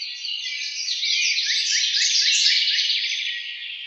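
House wren song, an unbroken rapid bubbling warble with sweeping rattled notes, steady and fairly loud throughout.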